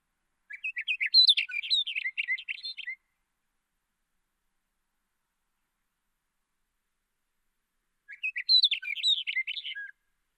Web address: Hume's wheatear. صدای پرنده چکچک شکم سفید